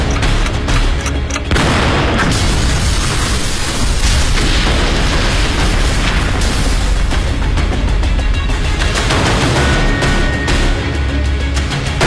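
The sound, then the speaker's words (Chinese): A loud time bomb blast erupts, destroying a courtyard house in Beiping before dawn on 18 January 1949, the home of former Beiping mayor He Siyuan at No. 19 Xila Hutong, Wangfujing. A sustained roar of crashing debris and deep rumbling follows, with further sharp bursts punctuating the continuous destruction throughout. “北平，1949年1月18日凌晨，北平胡同夜景中的一处四合院，有一黑衣人在正房的里间和外间屋顶上各安放了一枚定时炸弹。稍后，房屋爆炸。”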